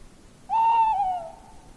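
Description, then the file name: Tawny owl hoot, one clear sustained note that falls a little near its close, in otherwise still surroundings. "lehtopollo"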